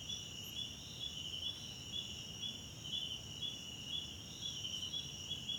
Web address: Tonschliff - SOUTH AFRICAN CRICKETS BG South Africa Wetland Park Kosi Forest Lodge Night